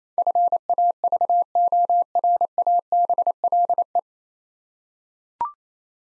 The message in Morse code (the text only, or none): FAVORABLE